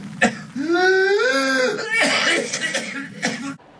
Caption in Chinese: 在咳嗽结束以后呢，出现了一个吸气样的吼的声音。 有点像鸡鸣一样，所以我们称之为鸡鸣样的咳嗽。 指向了一个病，叫百日咳。